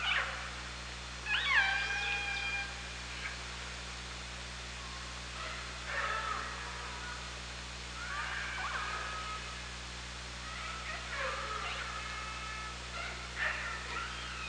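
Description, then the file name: Killer whale pulsed calls, squealing and frequency-swept with bright harmonics, several calls spaced throughout over steady underwater hum. Underwater OrcaLab hydrophone at Parson Island, 24 August 2017, 18:32. "Orca Lab 20170824 183203 PI"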